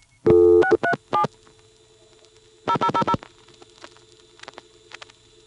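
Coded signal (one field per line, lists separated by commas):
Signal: DTMF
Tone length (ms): 80 ms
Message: 637 0000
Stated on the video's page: Telephone tones from an NX1 crossbar exchange.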